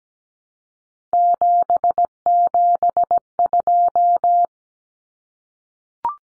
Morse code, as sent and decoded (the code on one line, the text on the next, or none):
--... --... ..---
772